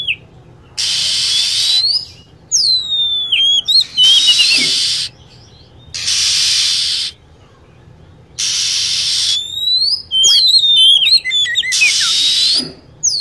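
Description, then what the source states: Lovebird shrill chirps and squeaks, high and down-slurred, in scattered bursts between repeated stretches of steady hissing noise. Lure recording used to attract birds.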